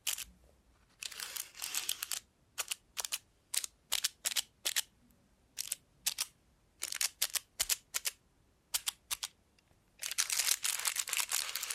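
Mechanical clicking and whirring from a robot hand, in short bright bursts that come every half second or so, with small gaps of silence between them. Denser runs of clatter open the clip and return steadily after ten seconds, each burst sharp and crisp.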